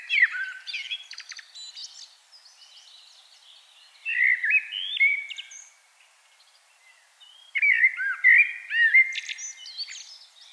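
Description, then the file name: Common blackbird song, three melodious warbled phrases with scratchy high endings. "Turdus merula"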